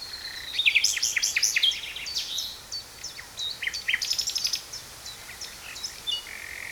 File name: Nachtegaal - Luscinia megarhynchos